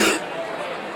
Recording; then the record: coughing mixed with background sound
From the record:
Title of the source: 60 coughing still (deep and wet cough)